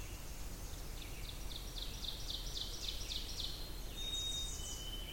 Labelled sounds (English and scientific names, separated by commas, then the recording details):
Ovenbird (Seiurus aurocapilla) song
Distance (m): 85 m
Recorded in boreal forest in Alberta, Canada, on 20 June 2016 at 07:19
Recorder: SongMeter 3, array SBT-6-81
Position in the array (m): 30 m, 241 m
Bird 26